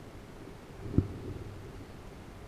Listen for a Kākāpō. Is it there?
no